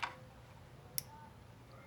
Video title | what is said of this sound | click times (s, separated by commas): Oracle Flush Tinted Tail Lights With New Amber White Module For Ford Bronco - Full Install & Forscan | okay and it did it kind of felt it click in once it's in there and that locks in place | 1.0 s